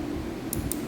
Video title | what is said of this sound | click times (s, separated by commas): Pimp My Dreamcast | there we go we heard the snap | 0.5 s, 0.7 s